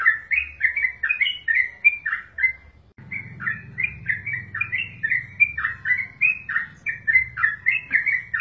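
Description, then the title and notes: Yellow-vented bulbul calls in a fast, bubbly stream of short chirped notes, some rising and some falling, with a low rumble underneath from about 3 seconds. Wild bird. "Trucuk Liar. trucukan"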